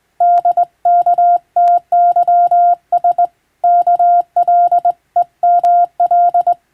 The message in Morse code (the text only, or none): DKTYS KLEML